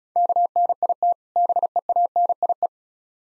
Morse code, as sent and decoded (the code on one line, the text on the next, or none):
-.- -. .. - / -... . .- -. .. .
KNIT BEANIE